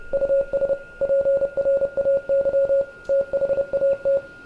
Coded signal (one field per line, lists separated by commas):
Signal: Morse code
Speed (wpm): 30 wpm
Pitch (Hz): 550 Hz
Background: none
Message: US PRAY THAT